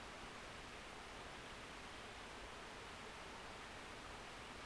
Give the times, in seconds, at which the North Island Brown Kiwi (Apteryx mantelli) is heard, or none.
none